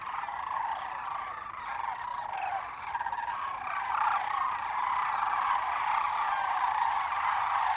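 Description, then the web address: Sandhill crane chorus of overlapping, purring bugles, steady at first and becoming louder and busier in the second half. Western North America. "Dan Gibson Wildlife Identification By Sound, Western North America. Sandhill Crane"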